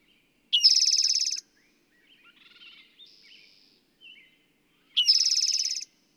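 Bird song: two loud, harsh, rattling trills about four seconds apart, with softer buzzy and chirping notes between them.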